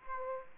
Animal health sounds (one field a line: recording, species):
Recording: mosquito wingbeat signal from an infrared sensor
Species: Aedes aegypti